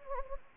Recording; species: mosquito wingbeat signal from an infrared sensor; Anopheles gambiae